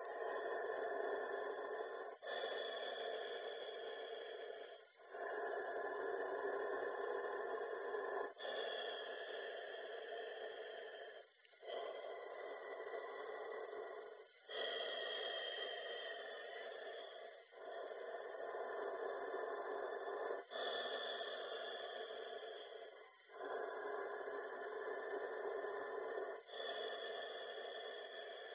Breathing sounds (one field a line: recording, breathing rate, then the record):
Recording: paced breathing near a phone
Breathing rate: 10 breaths a minute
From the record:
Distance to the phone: 20 cm